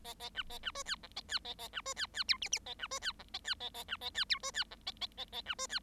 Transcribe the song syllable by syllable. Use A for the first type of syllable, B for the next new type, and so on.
A A B A B C D E A D A A B C D D F G G A B C D E A D A A B A D F C D E A A A A B C D